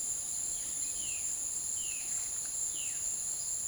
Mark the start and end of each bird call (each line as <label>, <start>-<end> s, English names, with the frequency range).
Violaceous Jay (1.2-4.2 kHz), 0.81-3.01 s